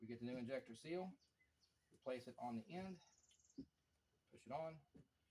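A new rubber injector seal is placed on the end of a CIS fuel injector from a 1988 Rolls-Royce and pushed on by hand while someone talks. The clip ends just before the seal locks into place, so nothing has seated or clicked yet.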